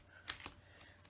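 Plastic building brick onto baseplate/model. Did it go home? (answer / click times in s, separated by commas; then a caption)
no / none. A small plastic LEGO brick is pressed onto a large LEGO model. Light plastic taps and rattles are heard, with sharp ticks near 0.3 and 0.5 seconds and a faint one near 1.1 seconds. The brick has not clicked in.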